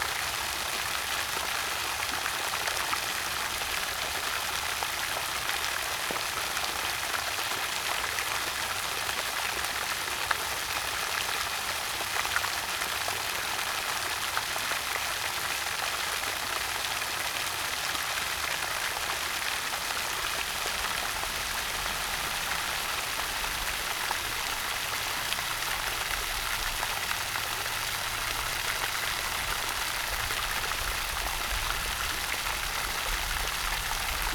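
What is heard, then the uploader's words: Water gushes steadily from a spring in a dense, unbroken hiss that holds the same level for the whole stretch. The rush is bright, with a faint low rumble underneath and no distinct events standing out. Gushing Water Spring.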